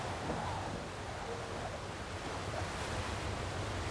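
Ocean waves wash in a steady, unbroken roar of surf, a dense hiss with a low rumbling undertone and no voices, holding an even loudness throughout.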